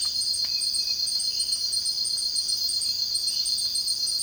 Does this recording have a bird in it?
no